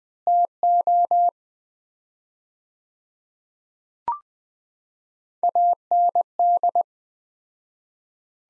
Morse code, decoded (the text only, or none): TO AND